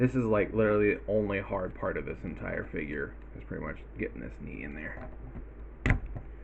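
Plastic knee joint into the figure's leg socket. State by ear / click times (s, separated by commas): seated / 5.9 s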